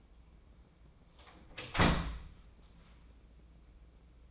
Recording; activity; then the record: daily activity, microphone in the room; close door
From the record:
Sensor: 1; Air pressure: 1012.4 hPa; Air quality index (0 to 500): 164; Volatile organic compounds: 3 ppm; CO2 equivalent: 1348 ppm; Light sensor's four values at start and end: 567/1311/585/693 and 569/1314/586/694